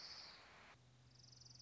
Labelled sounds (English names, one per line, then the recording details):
Orange-crowned Warbler
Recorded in Sonoma County, California